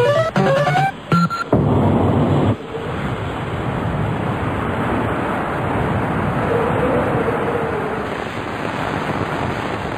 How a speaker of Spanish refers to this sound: Pues lo que está escuchando, aparte del sonido de la lluvia, es la música del Street Fighter, y es que Street Fighter tiene nueva recreativa.